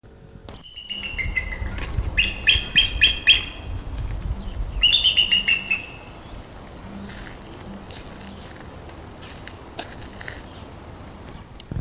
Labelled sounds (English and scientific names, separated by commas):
Bald Eagle (Haliaeetus leucocephalus) call